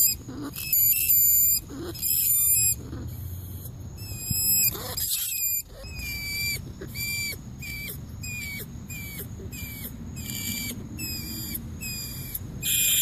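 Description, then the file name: Rat calls: harsh noisy squeals at first, then a run of brief, high, down-slurred squeaks at irregular intervals over a faint low rumble. Squeaking for help, calling to the group. "Tieng chuot keu cuu goi bay"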